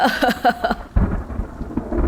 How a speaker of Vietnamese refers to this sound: Tiếng mưa, tiếng sấm, tiếng sét hòa quyện với tiếng nói, tiếng cười kia tạo thành một thứ âm thanh hỗn tạp mang rợ.